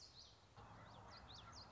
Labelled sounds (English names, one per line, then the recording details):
Common Yellowthroat
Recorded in Sonoma County, California